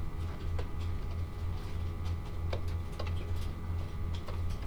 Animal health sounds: poultry house recording; no chicken sound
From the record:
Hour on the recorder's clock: 14

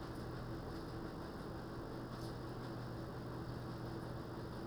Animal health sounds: poultry house recording; no chicken sound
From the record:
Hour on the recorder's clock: 20

